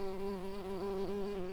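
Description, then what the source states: Tree bumblebee buzzing, a steady low drone with a rich harmonic hum that wavers slightly in pitch throughout. Worker bees.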